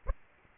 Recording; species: mosquito wingbeat signal from an infrared sensor; Aedes aegypti